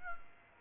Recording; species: mosquito wingbeat signal from an infrared sensor; Aedes aegypti